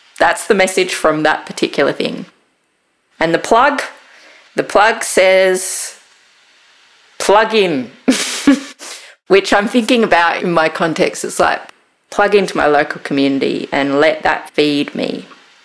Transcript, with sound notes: That’s the message from that particular thing. And the plug? The plug says: ‘Plug in.’ (Laughs) Which I’m thinking about, in my context, is like, plug into my local community and let that feed me.